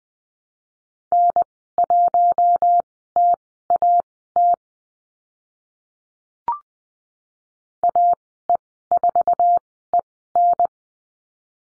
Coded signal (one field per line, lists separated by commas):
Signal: Morse code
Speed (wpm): 20 wpm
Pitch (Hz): 700 Hz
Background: none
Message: N1TAT AE4EN